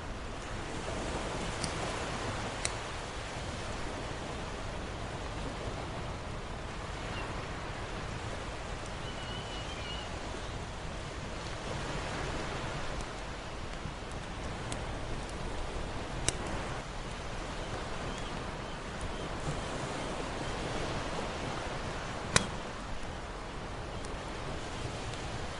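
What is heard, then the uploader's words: A fire crackles over a steady wash of ocean waves. The surf noise stays dense and even throughout, with sharp crackle snaps scattered irregularly, the loudest near 16 and 22 seconds. A faint high chirp, possibly a bird, appears around 9 seconds. Campfire with an Ocean View. The crackling of the flames dances in perfect sync with the gentle lapping of the ocean waves against the shore. The seagulls announce their presence with their distinctive calls, echoing across the vast expanse of the ocean. The fusion of the crackling fire, the ocean sound, and the seabirds' chorus.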